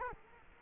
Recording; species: mosquito wingbeat signal from an infrared sensor; Culex quinquefasciatus